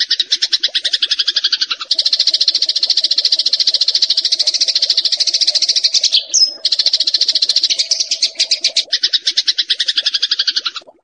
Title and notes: Suara Ciblek Prenjak Cocok Untuk Masteran. Kicau Burung Prenjak Ciblek